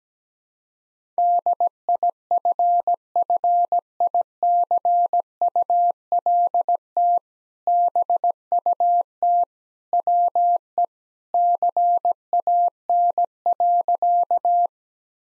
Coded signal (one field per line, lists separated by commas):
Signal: Morse code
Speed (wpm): 17 wpm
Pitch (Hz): 700 Hz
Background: none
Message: DIFFICULT BUT WE CAN.